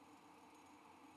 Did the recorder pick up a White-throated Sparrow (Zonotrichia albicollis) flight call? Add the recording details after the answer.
no. No flight call is heard. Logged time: 08:22 on 5 December 2014